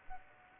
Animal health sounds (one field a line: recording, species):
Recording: mosquito wingbeat signal from an infrared sensor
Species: Culex pipiens